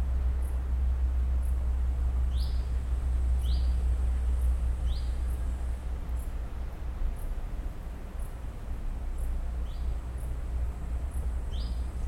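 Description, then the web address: Bird chirps: a handful of short, sharp notes spaced irregularly, with faint high ticking above and a steady low rumble of city noise underneath throughout. Birds recorded with city noise in the background. "el sonido de las aves con el ruido de la ciudad de fondo"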